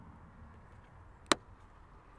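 A motorcycle Bluetooth intercom unit is slid down onto its plastic helmet mounting bracket over a low, steady background hiss. At 1.3 seconds the ramped retention catch pops into place with a single sharp, bright snap. The unit is seated and secure on the helmet mount.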